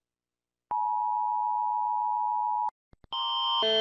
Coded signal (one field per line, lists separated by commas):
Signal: Emergency Alert System (SAME) tones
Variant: 853 and 960 Hz attention tone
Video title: Rating EAS alarms around the world (1000 subscribers special)